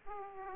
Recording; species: mosquito wingbeat signal from an infrared sensor; Aedes aegypti